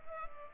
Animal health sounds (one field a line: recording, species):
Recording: mosquito wingbeat signal from an infrared sensor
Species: Culex pipiens